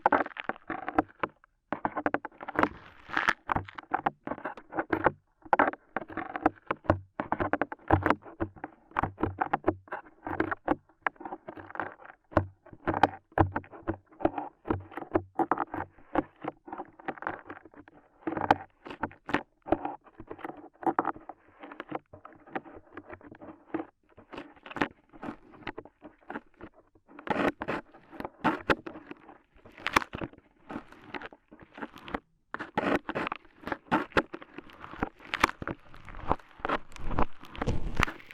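Ear cleaning sounds as rhinestones and clay are picked away: a dense, irregular run of sticky clicks, taps and crackles that never really pauses. Some bursts are sharper and brighter, especially in the last ten seconds, over a faint low hum early on.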